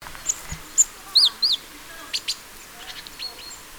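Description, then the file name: Great tit calls, a few short high chirps and two clear arched whistled notes, then fainter ticks. "Parus major"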